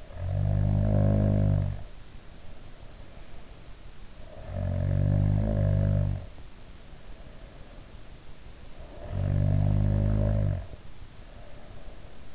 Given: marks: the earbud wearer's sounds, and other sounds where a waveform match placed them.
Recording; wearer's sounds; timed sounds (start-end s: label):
sounds in sleep by an in-ear microphone; snoring breath
0.00-2.62 s: snoring breath
4.11-6.62 s: snoring breath
8.80-12.34 s: snoring breath